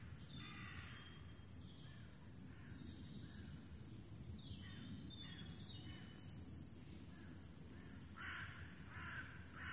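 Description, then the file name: Raven calls: several faint rough caws early, then three louder grating caws near the end, over low background rumble. Ravens recorded in the Rambouillet forest, France, on 24 May 2015. "150524 Ravens in Foret de Rambouillet"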